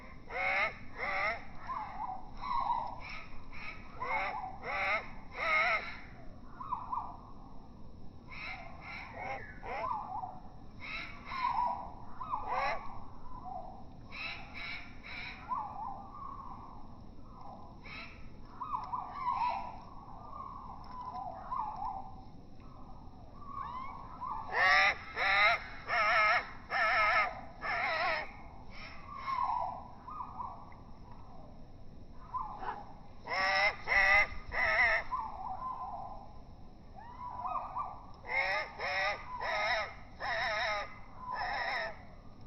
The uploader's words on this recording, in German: Junge Kohlmeise bettelt melodramatisch. Eine junge Kohlmeise sitzt auf der Lehne meines Liegestuhls und bettelt (in der vierfachen Zeitlupe stimmlich sehr dramatisch klingend) mit zitternden Flügeln nach Futter.